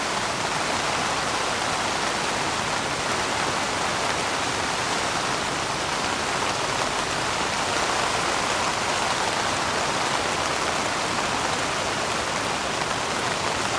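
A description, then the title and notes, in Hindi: Light rain falls on a tent's canvas in a steady, even hiss that holds without change for the whole stretch. The patter is dense and fine, with no distinct drops standing out, and the sound sits bright with little low rumble underneath. टेंट पर हल्की बारिश. कैनवास पर पड़ने वाली हल्की बारिश की आवाज. उच्च-गुणवत्ता वाले 3D ऑडियो में कैद की गई है. शांत और सुदूर ग्रामीण इलाके के दिल में.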